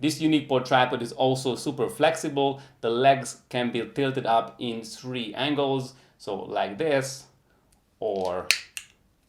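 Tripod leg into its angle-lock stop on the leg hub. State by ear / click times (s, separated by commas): not seated / none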